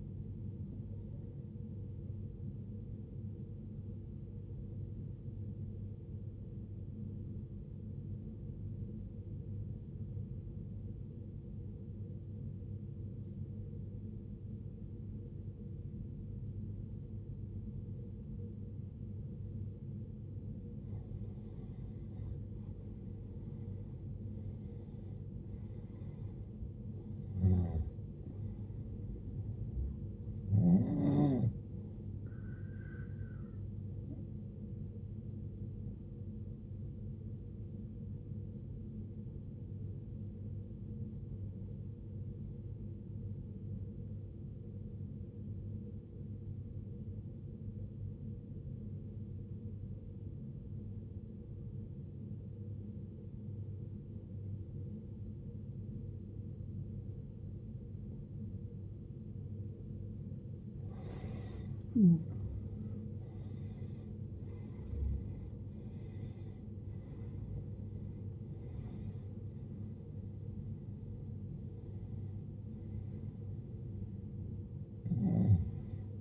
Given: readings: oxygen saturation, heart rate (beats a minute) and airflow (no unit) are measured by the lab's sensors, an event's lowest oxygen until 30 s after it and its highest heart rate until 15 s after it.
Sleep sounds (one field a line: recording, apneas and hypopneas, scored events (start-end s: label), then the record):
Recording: breathing in sleep by a smartphone at the bedside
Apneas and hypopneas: 2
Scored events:
4.00-34.00 s: new sleep stage, N1 (lightest sleep)
9.00-21.70 s: obstructive apnea (N1, oxygen 92% highest, then 87% lowest, heart rate 59 at the start, 74 highest)
34.00-64.00 s: new sleep stage, N2 (light sleep)
39.00-63.20 s: obstructive apnea (N2, oxygen 94% highest, then 83% lowest, heart rate 62 at the start, 80 highest)
64.00-76.21 s: new sleep stage, N1 (lightest sleep)
From the record:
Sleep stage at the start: N2 (light sleep)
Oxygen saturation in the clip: 84 to 94%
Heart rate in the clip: 54 to 80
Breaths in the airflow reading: 10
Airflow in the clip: -16.8 to 20.2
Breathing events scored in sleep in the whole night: 389 in 6.3 hours asleep